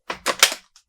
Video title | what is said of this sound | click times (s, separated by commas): DreameBot L10 Robot Vacuum Product Review | It is easy to put on though. Just open the hood and it snaps right in. | 0.4 s